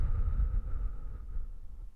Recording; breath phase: one breath near a microphone; exhalation